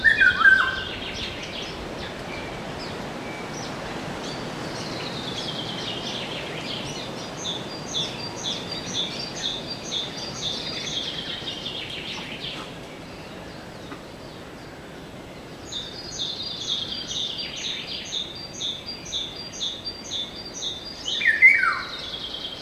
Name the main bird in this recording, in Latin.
Oriolus oriolus